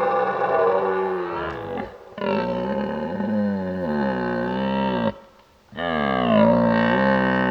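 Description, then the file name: Red deer roars: loud, deep, rasping bellows running almost continuously, broken by two short pauses near two and five seconds. During the rut, while driving the herd. "Burlen 04 drijven"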